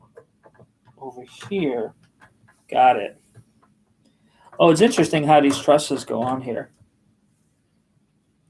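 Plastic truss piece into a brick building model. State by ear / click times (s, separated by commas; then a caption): not seated / none. Small plastic truss pieces are handled on a Lego Medieval Blacksmith brick building model during a build, with a faint tap near 4.1 s between stretches of someone talking. The truss piece has not locked into place yet; nothing has seated or clicked by the end of the clip.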